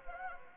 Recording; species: mosquito wingbeat signal from an infrared sensor; Anopheles gambiae